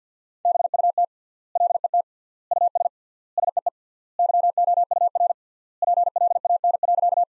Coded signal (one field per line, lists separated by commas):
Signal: Morse code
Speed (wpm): 48 wpm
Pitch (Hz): 700 Hz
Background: none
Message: BUT LET US SEE YOUR PLAN.